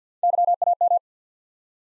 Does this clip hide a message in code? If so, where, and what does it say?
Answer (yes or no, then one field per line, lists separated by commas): yes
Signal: Morse code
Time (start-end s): 0.2-1.0 s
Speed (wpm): 50 wpm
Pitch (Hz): 700 Hz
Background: none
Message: YAM